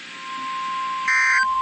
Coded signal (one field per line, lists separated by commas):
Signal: Emergency Alert System (SAME) tones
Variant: end-of-message bursts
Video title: FLASH FLOOD FIASCO III - EAS Alerts from 07/16/2023 (EAS #269-#282)